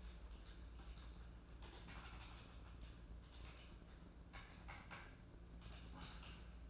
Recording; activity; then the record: daily activity, microphone in the room; typing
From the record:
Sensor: 2